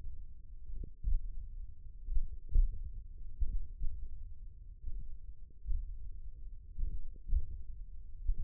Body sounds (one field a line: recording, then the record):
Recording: forearm muscle sounds (acoustic myography)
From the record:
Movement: tripod grip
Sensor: system 1, eight BSWA MPA416 microphones around the upper forearm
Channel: 7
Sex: male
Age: 20 years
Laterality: left